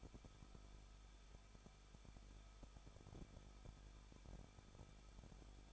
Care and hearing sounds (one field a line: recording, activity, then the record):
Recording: daily activity, microphone in the room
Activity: no activity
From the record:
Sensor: 5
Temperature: 20.8 degrees Celsius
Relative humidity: 38.3%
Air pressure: 1006.6 hPa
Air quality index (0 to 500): 186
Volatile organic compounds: 18 ppm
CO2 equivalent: 2602 ppm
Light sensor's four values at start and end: 2/3/1/1 and 2/3/1/1